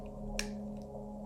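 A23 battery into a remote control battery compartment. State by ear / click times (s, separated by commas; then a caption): seated / 0.4 s. An A23 battery is pressed into the opened battery compartment of a small plastic remote control. A single short, sharp snap is heard at 0.4 s over a steady low hum. The battery seats in the compartment.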